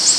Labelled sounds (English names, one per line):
Ovenbird flight call